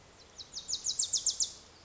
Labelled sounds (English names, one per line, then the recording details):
Wilson's Warbler
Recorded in Sonoma County, California